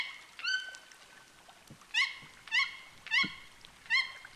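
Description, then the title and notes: Toucan yelping calls, rich harmonic notes that dip then level off, given in a loose series about every half second to second, with faint rustles underneath. Toucans singing in the Amazon rainforest, flooded forest of Petit Saut lake, sunny late afternoon, approached by canoe towards a bank. "Le chant des toucans. nous sommes dans la forêt amazonienne. la forêt inondée du lac de petit saut. par cette fin d’après-midi ensoleillée"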